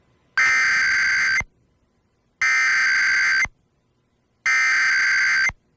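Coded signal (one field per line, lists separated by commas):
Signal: Emergency Alert System (SAME) tones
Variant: header bursts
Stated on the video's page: Two Required Monthly Tests relayed by an FM station and a TV station; FM audio recorded from a stereo, TV received over an HD TV antenna with a USB tuner.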